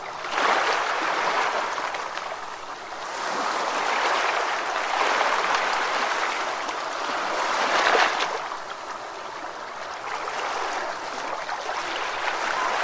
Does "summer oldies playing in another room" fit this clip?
no